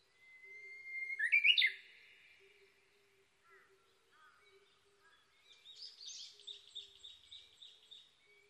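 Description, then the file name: Japanese bush warbler song: a clear held whistle snapping into a loud flourish, then scattered chirps and a busy twittering from other birds, with a faint low hum. Recorded 22 May 2011 at 05:58. "uguisu-20110522-0558"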